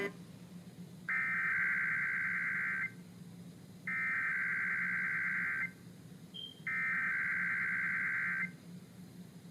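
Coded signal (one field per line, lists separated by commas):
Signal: Emergency Alert System (SAME) tones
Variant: header bursts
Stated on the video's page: Required Monthly Tests received on AM and FM broadcast stations, including originator stations.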